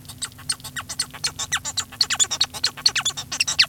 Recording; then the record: song of a male Bengalese finch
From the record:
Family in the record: son of father 1